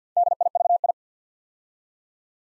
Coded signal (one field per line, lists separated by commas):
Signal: Morse code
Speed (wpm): 50 wpm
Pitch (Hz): 700 Hz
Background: none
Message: DIVI